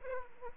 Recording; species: mosquito wingbeat signal from an infrared sensor; Aedes aegypti